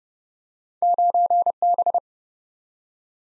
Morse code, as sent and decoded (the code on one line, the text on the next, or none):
----. -...
9B